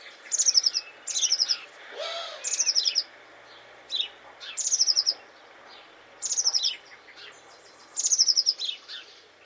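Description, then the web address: Bird uttering repeated high, buzzy trilled phrases, several in quick succession, with short sharp notes between them and a brief lower whistle. "cianscape birddata Deverinetal 2025 File origin Bird Only Cy Ca"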